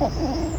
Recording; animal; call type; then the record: contact call of a hoofed animal; goat; low-frequency (closed-mouth) or high-frequency (open-mouth) call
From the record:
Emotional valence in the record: negative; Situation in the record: short social isolation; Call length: 0.59 s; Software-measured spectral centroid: 1950 Hz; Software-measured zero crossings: 1480 a second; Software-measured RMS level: -24 dBFS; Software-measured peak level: -11 dBFS